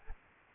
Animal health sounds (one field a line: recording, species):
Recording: mosquito wingbeat signal from an infrared sensor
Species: Aedes albopictus